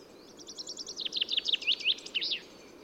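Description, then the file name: Common chaffinch song: a fast trill of bright notes speeding into descending chips and ending in a flourish, over a steady background hiss. "Fringilla coelebs"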